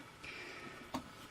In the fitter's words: make sure you push this guy in until it pops you'll hear click in there and it'll lay nicely in there and